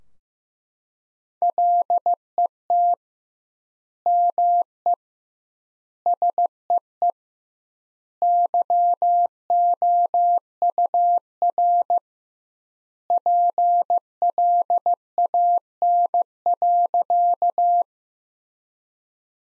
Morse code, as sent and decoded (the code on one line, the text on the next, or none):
.-.. . - / -- . / ... . . / -.-- --- ..- .-. / .--. .-.. .- -. .-.-.-
LET ME SEE YOUR PLAN.